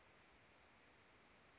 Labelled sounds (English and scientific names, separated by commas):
California Towhee (Melozone crissalis)